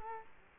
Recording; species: mosquito wingbeat signal from an infrared sensor; Culex quinquefasciatus